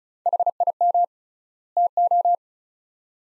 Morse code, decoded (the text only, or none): HIM TO